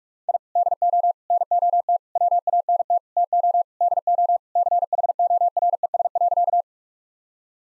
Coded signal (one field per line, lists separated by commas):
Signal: Morse code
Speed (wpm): 41 wpm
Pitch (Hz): 700 Hz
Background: none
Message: I DO NOT WANT TO DO CHORES.